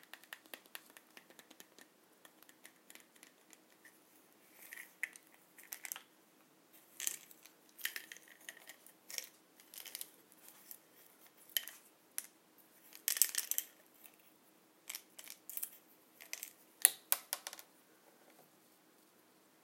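Pills rattle and click in irregular bursts, sharp bright ticks clustering around five, eight, thirteen and seventeen seconds, over a faint steady low hum.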